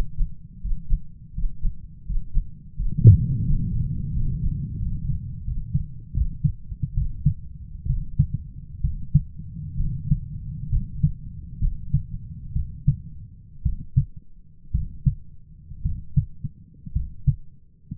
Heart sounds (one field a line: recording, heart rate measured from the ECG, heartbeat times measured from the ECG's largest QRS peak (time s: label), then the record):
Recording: heart sounds by stethoscope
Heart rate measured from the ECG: 70 bpm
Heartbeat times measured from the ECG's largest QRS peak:
0.60 s: heartbeat
1.33 s: heartbeat
2.05 s: heartbeat
2.75 s: heartbeat
3.44 s: heartbeat
4.12 s: heartbeat
4.79 s: heartbeat
5.44 s: heartbeat
6.13 s: heartbeat
6.94 s: heartbeat
7.86 s: heartbeat
8.81 s: heartbeat
9.77 s: heartbeat
10.69 s: heartbeat
11.59 s: heartbeat
12.53 s: heartbeat
13.63 s: heartbeat
14.71 s: heartbeat
15.82 s: heartbeat
16.93 s: heartbeat
From the record:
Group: healthy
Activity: breath hold 0-2 s, rest 2-18 s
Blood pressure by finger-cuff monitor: 150/86 mmHg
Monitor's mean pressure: 109 mmHg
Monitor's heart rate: 75 bpm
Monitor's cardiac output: 7.5 L/min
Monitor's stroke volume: 93 mL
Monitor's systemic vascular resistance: 1090 dyn s/cm5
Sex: male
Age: 23 years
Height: 178 cm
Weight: 96.6 kg